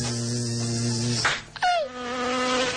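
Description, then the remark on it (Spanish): A fly buzzes in a steady, nasal drone, cut off by a short burst of noise and a quick falling whine as the fly is killed, then the buzzing resumes at a slightly higher pitch. “No podemos verle los ojos, pero sí que podemos oír lo que hace la mosca y lo que dice la mosca cuando la matan.”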